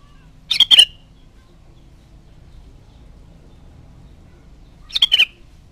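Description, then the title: Sooty-headed bulbul giving two quick bubbly, downslurred phrases roughly four seconds apart over a quiet background. "Kutilang"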